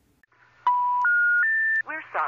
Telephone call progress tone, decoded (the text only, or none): special information tone